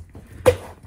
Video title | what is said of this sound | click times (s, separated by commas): Bestway LAY-Z-SPA l San Francisco HydroJet Pro - Review - Test - Aufblasbarer Whirlpool - Deutsch | zack wieder eingerastet ist ein sehr sehr sehr gutes System so | 0.5 s